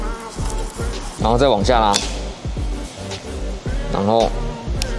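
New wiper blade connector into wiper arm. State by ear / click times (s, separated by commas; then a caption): seated / 4.8 s. A new NWB-style wiper blade, its connector cover opened, is inserted sideways into the wiper arm and pulled down while someone talks over background music. The connector snaps into place on the arm with a sharp click at 4.8 s, and the blade is seated.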